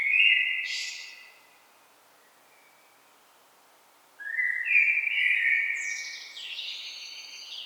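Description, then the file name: Blackbird song with a brief phrase ending in a squeaky flourish, a gap of several seconds, then a longer fluty phrase with high twittering. "Turdus merula"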